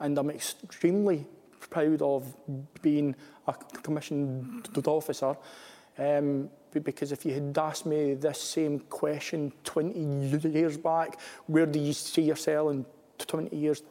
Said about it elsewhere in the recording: Even though I stammered, I could still be an effective soldier and an effective instructor. I do actually have an internal battle every single day.